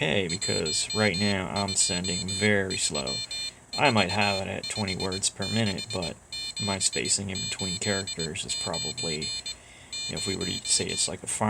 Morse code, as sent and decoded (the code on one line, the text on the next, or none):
.---- ..--- ...-- ....- ..... -.... --... ---.. ----. / -----
123456789 0